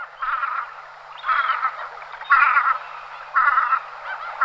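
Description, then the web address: Velvet scoter giving harsh, grating croaks, each about half a second long and repeated roughly once a second. "golosa anseriformes m fusca"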